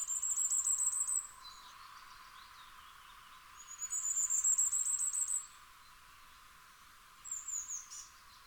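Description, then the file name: Common firecrest gives two high, sibilant note series, each about one to one and a half seconds long, then starts a third near the end. "Fiorrancino"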